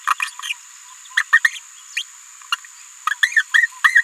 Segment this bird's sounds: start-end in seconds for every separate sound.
0.10-0.14, 0.22-0.24, 0.43-0.53, 1.17-1.23, 1.32-1.39, 1.44-1.49, 1.97-2.02, 2.52-2.56, 3.11-3.14, 3.23-3.43, 3.54-3.67, 3.84-4.03